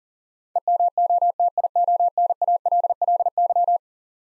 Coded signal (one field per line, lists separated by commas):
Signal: Morse code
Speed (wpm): 40 wpm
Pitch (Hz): 700 Hz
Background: none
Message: EMOTIONALLY